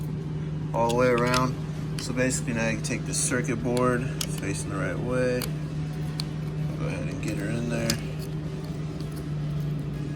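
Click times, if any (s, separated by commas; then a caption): none. Someone talks while pushing a switch circuit board, facing the right way, into a plastic switch housing for a 2011–16 auto window and VSM lock switch mod on a 1999–07 door panel swap, struggling to get it in. Soft handling noises, including a sharp tap at 6.2 s, sit over a steady low hum. Nothing has seated or clicked yet.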